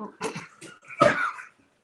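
A few quick, sharp bursts of noise from a small pet dog, ending in one louder sneeze in a small room.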